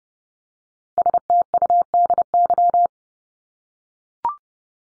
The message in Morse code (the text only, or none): STUDY